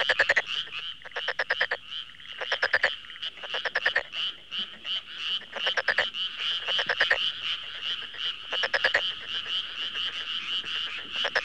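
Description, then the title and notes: Frog chorus with dense rattling croaks, pulsed trains coming one after another over a continuous background hum of other callers. "NHK Sound Effects Collection Frogs, Crickets, Cicadas, Horses, Dogs. NHK効果音集 カエル・虫・セミ・ウマ・イヌ"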